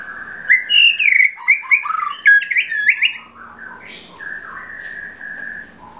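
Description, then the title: Oriental magpie-robin singing a fast series of bright, slurred whistles and sweet warbles, then softer lower whistled phrases trailing off. "Kicau Kacer"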